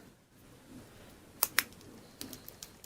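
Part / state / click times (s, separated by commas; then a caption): 3D-printed plastic part into printed controller port holder / seated / 1.4 s, 1.6 s. A 3D-printed plastic part is pressed by hand into its mating 3D-printed controller port holder for a classic NES portable laptop build. Two sharp, loud snap clicks at 1.4 s and 1.6 s mark it seating, followed by a few fainter clicks around 2.2 s, 2.3 s and 2.6 s. The part is seated in the holder.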